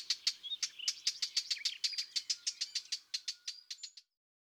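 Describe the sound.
Eurasian blackcap alarm calls: a rapid series of sharp, dry tack notes.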